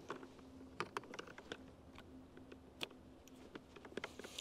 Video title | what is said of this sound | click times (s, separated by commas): DIY Charge Controller - Installation Options | everything clicks in place and we're good to go | 0.8 s, 1.0 s, 2.8 s, 4.0 s